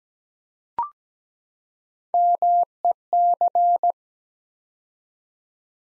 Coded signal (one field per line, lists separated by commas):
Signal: Morse code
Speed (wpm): 17 wpm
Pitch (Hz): 700 Hz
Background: none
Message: MEC